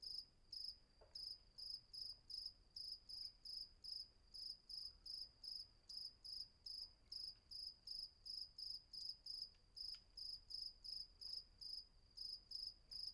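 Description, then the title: Cricket chirping: short pulsed bursts repeated about two to three times per second in a steady train, with a faint continuous background hum. Night ambience on Patmos, Vagia, Greece; recorded with a Fostex FR-2 and an MKH800 microphone. "Patmos, Vagia, Griechenland - Nachtsimmung 03, Grillen"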